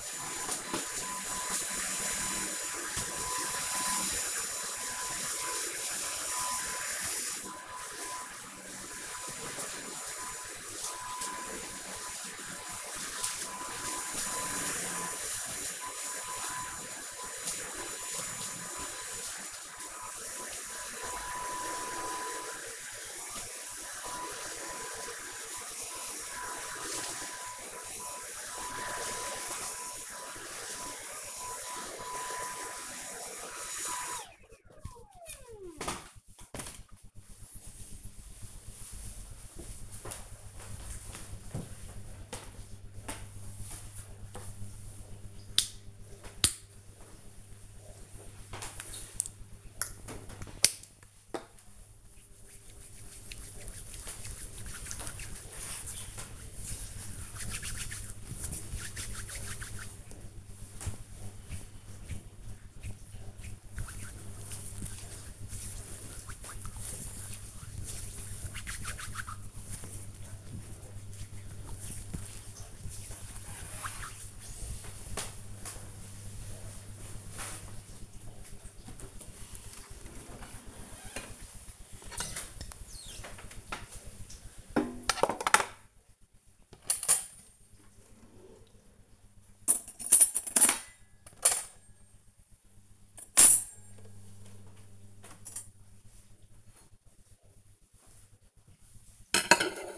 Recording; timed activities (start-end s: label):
household activities, microphone on the right wrist
0.00-33.88 s: vacuum cleaning
44.99-73.22 s: disinfecting hands
78.29-99.98 s: putting away the dishes